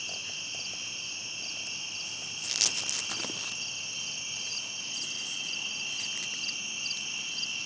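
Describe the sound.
Cricket: high, continuous trill with a pulsing upper layer; a brief rustling burst interrupts early on before the even trill carries on.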